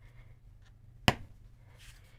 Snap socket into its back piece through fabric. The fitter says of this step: And then I just push it again. Make sure that I don't hear any additional clicks.